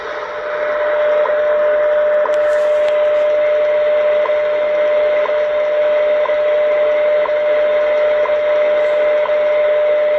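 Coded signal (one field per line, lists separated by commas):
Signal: radio time signal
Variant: WWV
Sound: continuous steady mid-pitched tone with faint clicks each second under hiss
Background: radio static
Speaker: on the 80s 25 with the mle 30 loop antenna [Applause] [Music] 19 hours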